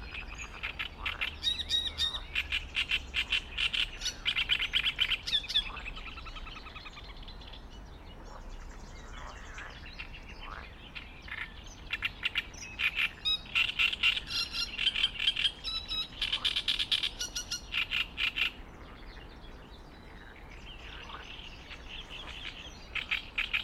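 A reed warbler sings by a pond in bursts of rapid, scratchy, chattering phrases, loudest in the opening five seconds, again from about 13 to 19 seconds, and near the end. Between phrases a low, steady rumble and soft background murmur continue.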